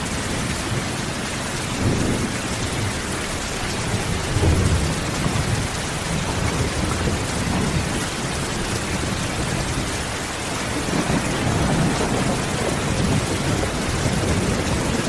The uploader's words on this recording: Heavy Rain Sounds at Night. Ambient Noise Rainstorm.